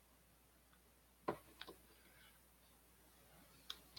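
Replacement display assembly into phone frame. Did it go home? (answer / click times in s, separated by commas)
yes / 1.3 s, 3.7 s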